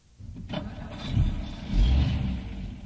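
A car engine starts with a brief crank and then runs with a steady low rumble, swelling louder twice as it revs slightly before settling into a continuous hum; the Morgans are in their car on their way home.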